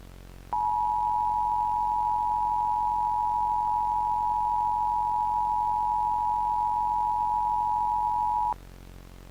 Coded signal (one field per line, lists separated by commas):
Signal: Emergency Alert System (SAME) tones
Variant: 853 and 960 Hz attention tone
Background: music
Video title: EAS Mock - Sick Day